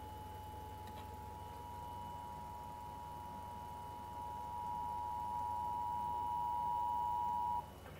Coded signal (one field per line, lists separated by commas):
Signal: Emergency Alert System (SAME) tones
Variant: 853 and 960 Hz attention tone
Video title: RARE EAS CATCH: Tropical Storm Warning for 3 Connecticut Counties, 08-21-2021 4:59 AM (WCTX 59.2)